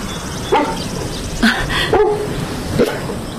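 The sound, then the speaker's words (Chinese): A dog barks four times at irregular intervals, each bark short and sharp with a mid-pitched, slightly yelping tone, over a low background hum and no talking; the dog is being brought back to its owner at a farm. “我来送你的狗。”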